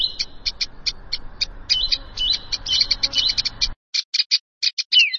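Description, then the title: Prinia song: rapid series of sharp, buzzy chirps repeated in quick bursts, with a few down-slurred notes; background hiss cuts out partway. "Ciblek Sawah"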